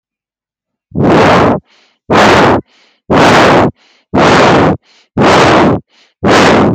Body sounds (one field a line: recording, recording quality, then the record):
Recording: shallow breathing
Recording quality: poor, much background noise or distortion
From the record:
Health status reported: healthy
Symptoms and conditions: cough, hypertension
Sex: male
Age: 39 years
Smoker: not ticked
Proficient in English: yes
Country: India